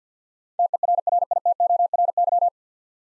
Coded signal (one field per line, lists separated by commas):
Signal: Morse code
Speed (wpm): 52 wpm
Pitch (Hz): 700 Hz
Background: none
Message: TERRITORY